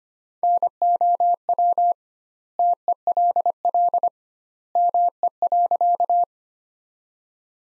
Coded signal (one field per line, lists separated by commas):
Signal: Morse code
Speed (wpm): 25 wpm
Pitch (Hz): 700 Hz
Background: none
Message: NOW TELL ME.